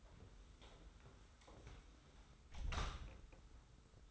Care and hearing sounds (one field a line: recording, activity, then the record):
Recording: daily activity, microphone in the room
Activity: close door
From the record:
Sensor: 3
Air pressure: 991.5 hPa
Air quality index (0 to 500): 151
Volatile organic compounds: 538 ppm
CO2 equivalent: 4868 ppm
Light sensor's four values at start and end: 45/126/51/45 and 45/126/51/45